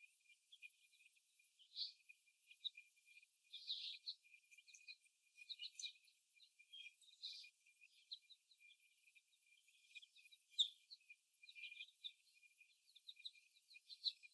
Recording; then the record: young laying hens in a cage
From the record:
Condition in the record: before the stressor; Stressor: simulated dog barking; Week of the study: 1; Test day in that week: 1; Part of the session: 2